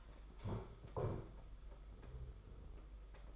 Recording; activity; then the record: daily activity, microphone in the room; stand up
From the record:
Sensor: 5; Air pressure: 991.8 hPa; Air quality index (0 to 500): 141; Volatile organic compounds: 119 ppm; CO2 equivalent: 3870 ppm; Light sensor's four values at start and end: 32/108/40/43 and 32/107/40/42